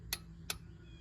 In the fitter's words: and that click means you've reached your torque and you don't need need to go any further